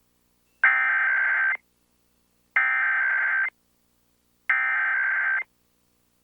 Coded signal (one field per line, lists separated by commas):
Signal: Emergency Alert System (SAME) tones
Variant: header bursts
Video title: National Periodic EAS Test - San Antonio Stations/KTWO-TV/WWBT (August 11, 2021)